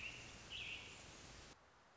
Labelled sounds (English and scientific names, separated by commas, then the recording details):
American Robin (Turdus migratorius)
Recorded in Sonoma County, California